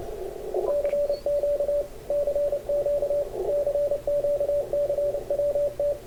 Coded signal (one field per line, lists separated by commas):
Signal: Morse code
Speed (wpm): 29 wpm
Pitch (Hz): 560 Hz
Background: radio noise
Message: CQ CQ CQ CWT